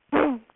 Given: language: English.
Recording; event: throat vibration sensor signal played as sound; throat clearing